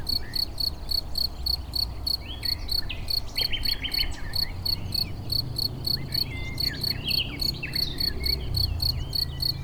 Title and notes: 271 Rue de Vars, Chindrieux, France - Grillons et rossignol. un rossignol chante dans des buissons à une cinquantaine de mètre